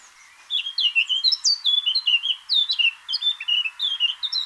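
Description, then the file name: Continuous blackcap warbling, quick and musical, with scratchy and whistled notes tumbling together for about four seconds. "Sylvia atricapilla"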